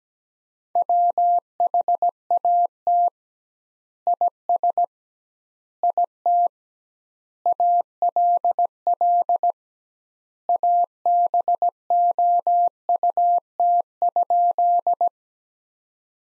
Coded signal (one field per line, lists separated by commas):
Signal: Morse code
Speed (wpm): 17 wpm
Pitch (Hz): 700 Hz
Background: none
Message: WHAT IS IT ALL ABOUT?